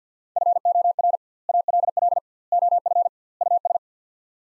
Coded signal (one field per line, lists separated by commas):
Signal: Morse code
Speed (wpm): 50 wpm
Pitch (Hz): 700 Hz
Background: none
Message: FOR ALL OF US